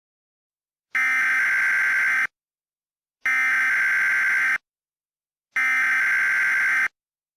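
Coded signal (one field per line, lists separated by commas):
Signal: Emergency Alert System (SAME) tones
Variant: header bursts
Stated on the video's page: Mock EAS alert, a fictional recreation.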